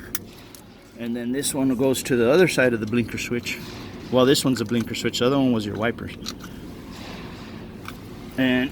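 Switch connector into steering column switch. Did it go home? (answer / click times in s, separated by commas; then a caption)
no / none. A switch connector is handled at the wiper or blinker switch on the steering column of a 2011–2018 Sonata while someone talks, with a few faint brief ticks and handling noises in the background. Nothing has seated or clicked yet; the clip ends just before the connector is pushed home.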